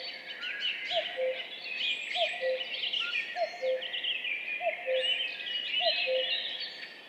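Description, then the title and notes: Common cuckoo calling a clear, even cu-coo about every 1.2 seconds, five descending double notes, with songbirds chirping and trilling higher up. Duet of two common cuckoos, spring dawn at 5:20, 14 May 2019, Piste aux espagnols, Val Maravel; stereo recording with Mixpre3 recorder and MKH8020 microphones. "Duo de coucou. 14 mai 2019-Piste aux espagnols - Val Maravel - 5h20-Mixpr3-mkh8020-stereo. Ici, un mémorable duo de deux coucous gris"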